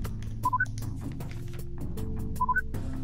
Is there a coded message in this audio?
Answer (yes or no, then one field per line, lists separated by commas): no